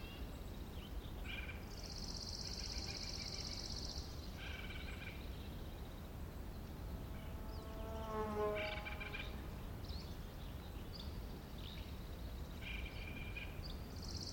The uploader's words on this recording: The Colockum Wildlife Area in Washington. The whole area was quiet, mostly absent of humanity, including campers or hikers.